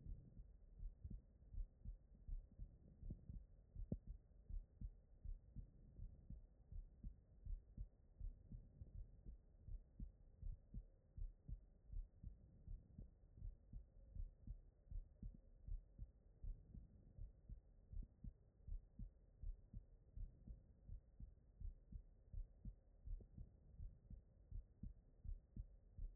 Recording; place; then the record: heart sounds by stethoscope; aortic valve (AV)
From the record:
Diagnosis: non-HFrEF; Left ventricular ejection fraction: 78%